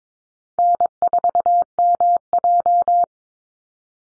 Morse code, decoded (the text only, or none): N4MJ